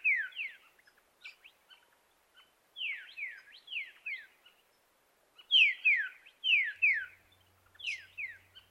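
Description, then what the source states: White-plumed Honeyeater song: bright, sharply descending whistled notes in quick clusters of two or three, phrases repeated with short pauses, some softer chips between. Regional song dialect recorded in far western New South Wales, Australia.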